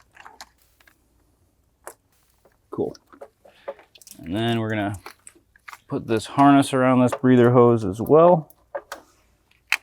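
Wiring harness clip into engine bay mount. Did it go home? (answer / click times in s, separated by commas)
yes / 9.7 s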